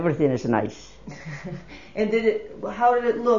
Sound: she laughs

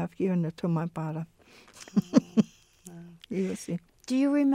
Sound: chuckles

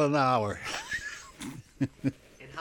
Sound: he laughs

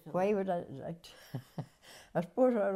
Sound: she laughs

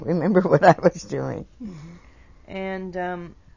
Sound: laughs

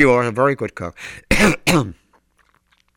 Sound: he clears his throat

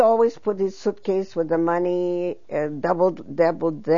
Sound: none

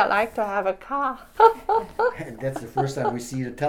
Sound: she laughs

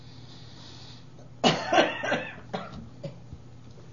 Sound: coughs

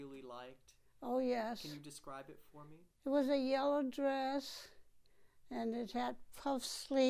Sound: none

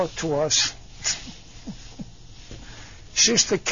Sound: he laughs

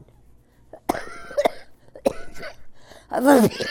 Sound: coughs

